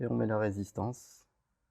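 A vape coil is being pushed into the plastic pod cartridge of a Vaporesso PM80 while someone talks. Only speech is heard across the clip, with a brief hiss around 1.0 seconds before it falls quiet. Nothing has seated or clicked yet.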